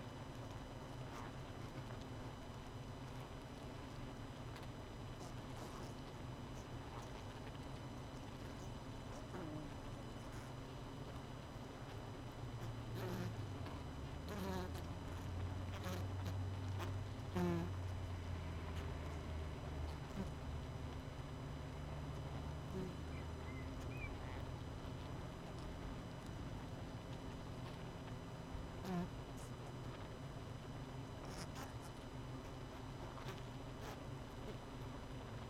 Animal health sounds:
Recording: honeybee colony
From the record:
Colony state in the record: missing queen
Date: 31 May 2018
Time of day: 19:12

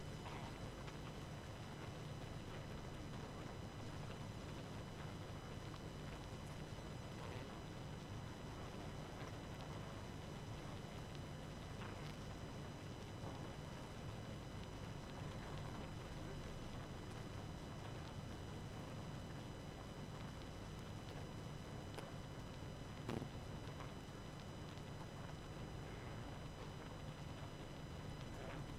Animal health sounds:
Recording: honeybee colony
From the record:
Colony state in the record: active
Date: 12 June 2018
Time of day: 23:50

